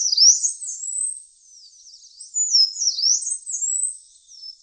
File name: Penochka zarnichka